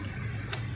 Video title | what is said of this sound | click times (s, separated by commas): singer zig zag machines | lock हो गया, pin और खांचा मिलेगा बूट के जगह, खांचा है ना बूट का पिन है | 0.5 s